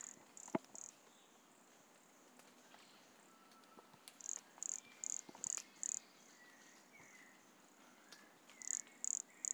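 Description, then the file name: Pumpkin toadlet: high, buzzy pulsed notes of a pumpkin toadlet in repeated runs of three to five, with scattered clicks and gentle falling whistles behind. Recorded at Monte Crista, Brazil, in November 2016, 100 cm from the microphone. "Brachycephalus sulfuratus Monte Crista 100 cm from microphone Luiz Fernando Ribeiro NOV-2016"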